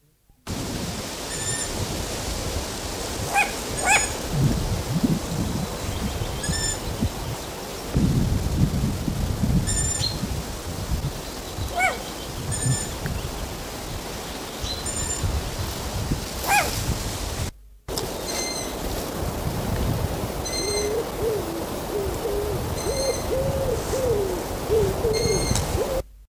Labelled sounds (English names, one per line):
Long-eared Owl call